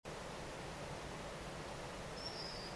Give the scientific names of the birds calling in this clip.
Actitis hypoleucos